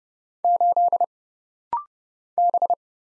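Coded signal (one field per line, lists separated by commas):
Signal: Morse code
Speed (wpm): 30 wpm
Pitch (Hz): 700 Hz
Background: none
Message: 8 B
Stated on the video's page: Rapid-fire Morse practice at 30 wpm of single letters, numbers, punctuation and prosigns, each sent, spoken, then sent again.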